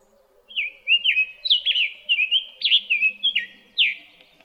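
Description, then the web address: Summer tanager song of many clear, slurred whistled phrases, some rising, some dropping, given in a quick uneven sequence over about three and a half seconds. Recorded in Arizona on 13 April 2008. "Tanagers SUTA 041308"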